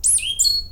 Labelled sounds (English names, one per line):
Stitchbird song